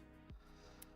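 A second plastic connector pin is pushed one stage into a toy brick beam, with a short sharp click at 0.8 s over steady background music. The pin is left only partly inserted, sticking out a little.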